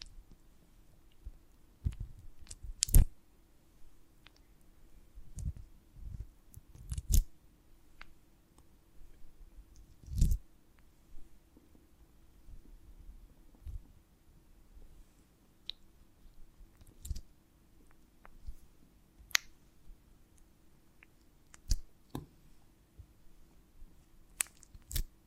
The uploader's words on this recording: ASMR of a Honeycomb on Branch (No Talking).